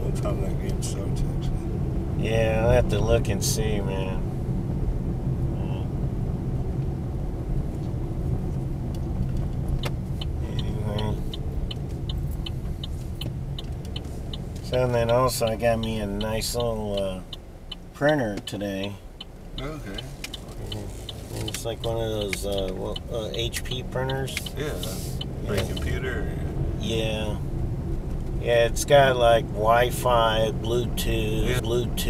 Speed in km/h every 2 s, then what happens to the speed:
34, 35, 34, 32, 27, 23, 18, 13, 5, 3, 10, 11, 16, 29, 32, 35.
0-7 steady at about 34. 7-18 slows to 3. 18-20 speeds up to 10. 23-32 speeds up to 35.